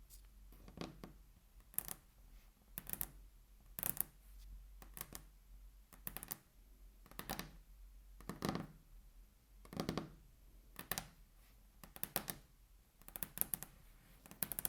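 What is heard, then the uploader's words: Tapping on a table, with sharp, short knocks arriving roughly once a second, sometimes in quick pairs or small clusters. Each tap has a dull low thud under a crisp click. Between taps a faint steady low hum holds underneath. ASMR Table Tapping (No Talking).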